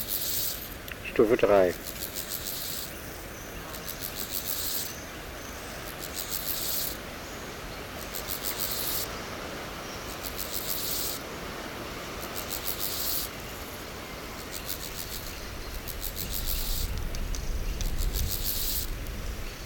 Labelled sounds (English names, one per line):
Steppe Grasshopper stridulation